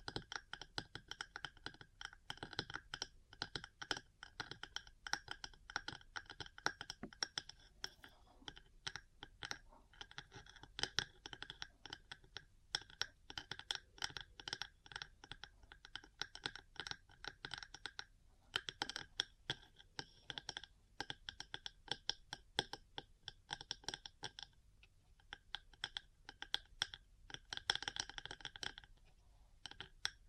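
Metal parts tapping and scratching in a dense, irregular stream of sharp clicks and clacks, like rapid typing, running the full thirty seconds. Brief scraping passages appear between the taps, with a busier, brighter cluster of hits near the end.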